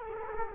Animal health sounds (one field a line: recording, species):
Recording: mosquito wingbeat signal from an infrared sensor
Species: Culex quinquefasciatus